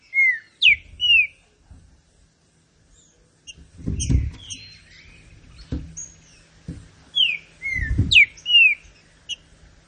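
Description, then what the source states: Green-winged saltator singing two loud phrases of clear slurred, swooping whistles, with a softer phrase, thin chirps and dull low knocks in between. Classic song style of the green-winged saltator, presented for song training.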